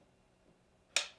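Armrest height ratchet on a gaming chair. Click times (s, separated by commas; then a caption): 1.0 s. The armrest height ratchet on an AndaSeat X-Air Pro mesh gaming chair is raised. After near silence, a single sharp click sounds at 1.0 s and then quickly fades. The armrest engages and seats into a height position.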